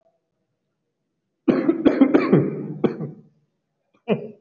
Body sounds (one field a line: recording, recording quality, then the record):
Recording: shallow voluntary cough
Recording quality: excellent, no background noise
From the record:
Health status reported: COVID-19 positive, mild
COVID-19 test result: positive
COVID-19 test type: rapid antigen test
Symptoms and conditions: fever, fatigue, muscle pain, asthma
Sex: male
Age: 30 years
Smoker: no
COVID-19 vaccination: both doses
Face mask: worn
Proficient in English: no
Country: India